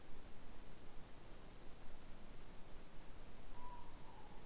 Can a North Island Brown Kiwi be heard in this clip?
no